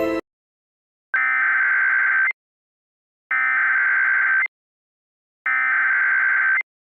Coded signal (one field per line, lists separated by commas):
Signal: Emergency Alert System (SAME) tones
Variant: header bursts